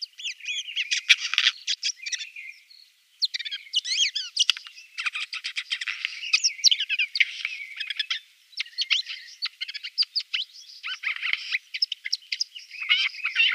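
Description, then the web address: Eurasian jay song: a long, varied medley of high chattering notes, squeaky slurred whistles and clicks, broken by short pauses. "Schulze Peter Eurasian Jay song"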